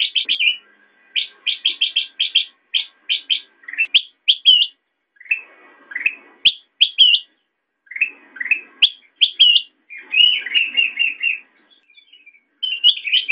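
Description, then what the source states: Sooty-headed bulbul calls: short, bright chirps in quick runs, some paired or bubbling, with brief pauses between bursts. Intended as masteran, training audio for songbirds.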